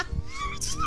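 A brief, under one-second burst of low rumbling with a gurgling, squeaky tone sliding through it, picked up close to an adult's belly. These are loud bowel sounds (borborygmi), more pronounced than usual, after eating a whole can of sugar-free icing.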